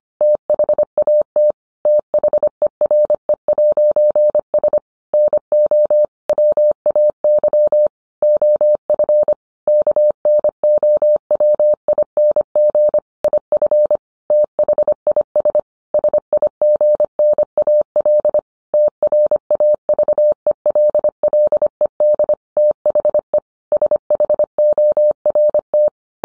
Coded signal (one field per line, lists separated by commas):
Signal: Morse code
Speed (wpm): 25 wpm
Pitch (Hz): 600 Hz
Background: none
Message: THAT THERE'S NO WAY OF KNOWING IF THIS SIGNAL TRAVELLED THE SHORT